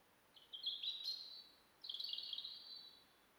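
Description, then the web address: European robin singing two high, thin, jangling phrases of about a second each, separated by a pause; faint steady hiss behind. "SETE Erithacus rubecula"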